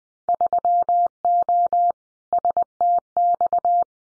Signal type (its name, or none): Morse code